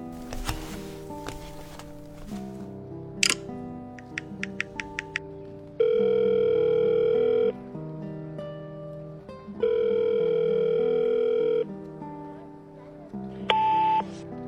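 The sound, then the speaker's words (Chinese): A quick series of short dialing beeps as someone places a phone call, then a steady electronic ringback tone that sounds twice, each burr lasting about two seconds with a pause between, before a brief tone at the end. “他惴惴不安地给雪梨打了个电话”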